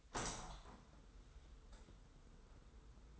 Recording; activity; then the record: daily activity, microphone in the room; open window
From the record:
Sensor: 3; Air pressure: 990.4 hPa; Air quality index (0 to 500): 181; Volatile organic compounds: 1000 ppm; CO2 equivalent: 5886 ppm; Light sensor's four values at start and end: 34/80/32/30 and 34/80/32/30